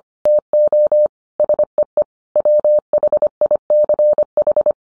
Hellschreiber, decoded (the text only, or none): none